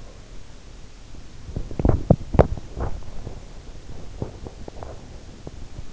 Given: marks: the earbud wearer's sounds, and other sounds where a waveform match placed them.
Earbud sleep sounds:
sounds in sleep by an in-ear microphone; teeth grinding
1.41-5.60 s: teeth grinding

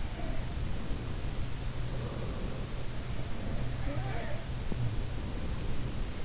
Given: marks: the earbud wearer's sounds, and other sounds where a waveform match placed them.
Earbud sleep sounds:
sounds in sleep by an in-ear microphone; breath
0.00-2.88 s: sound from someone else or the room
0.17-2.88 s: breath
3.12-6.25 s: sound from someone else or the room
3.47-6.25 s: breath

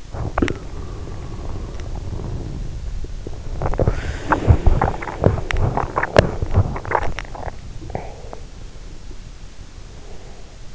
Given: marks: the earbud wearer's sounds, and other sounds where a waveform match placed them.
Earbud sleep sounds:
sounds in sleep by an in-ear microphone; breath, teeth grinding, swallowing
0.00-3.25 s: breath
3.48-7.69 s: teeth grinding
3.87-5.41 s: breath
7.80-8.47 s: swallowing
9.62-10.75 s: breath

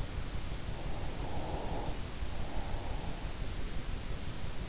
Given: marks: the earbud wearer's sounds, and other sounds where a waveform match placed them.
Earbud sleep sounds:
sounds in sleep by an in-ear microphone; breath
0.68-3.42 s: breath

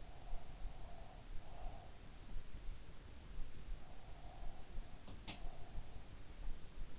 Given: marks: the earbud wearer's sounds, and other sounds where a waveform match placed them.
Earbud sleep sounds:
sounds in sleep by an in-ear microphone; breath
0.12-2.14 s: breath
3.67-6.02 s: breath

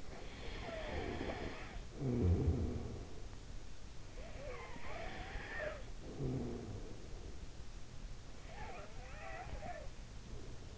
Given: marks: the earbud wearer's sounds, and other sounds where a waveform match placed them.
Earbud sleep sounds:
sounds in sleep by an in-ear microphone; snoring breath
0.00-3.66 s: snoring breath
3.89-7.06 s: snoring breath
8.29-10.77 s: snoring breath

